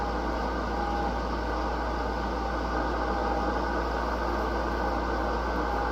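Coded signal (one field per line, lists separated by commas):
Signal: FT8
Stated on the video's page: FT8 on 6 meters.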